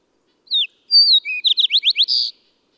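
A bird sings one phrase: a downslurred whistle, a held high tone, repeated rising chirps and a final buzzy trill.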